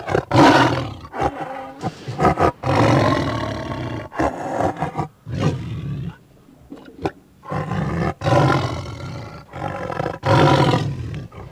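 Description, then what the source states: Tiger growling in a run of deep rumbling bursts, some harsh and broad, broken by short breathy wheezes and brief pauses. Growls mixed with some wheezes.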